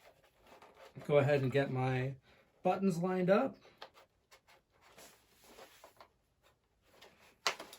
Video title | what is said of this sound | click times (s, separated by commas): HOW TO REMOVE AND INSTALL CHEEK PADS & LINER LS2 GATE | You'll hear that snap into place. | 7.5 s